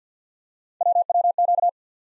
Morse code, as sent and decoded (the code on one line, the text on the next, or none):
.-- .-- --.-
WWQ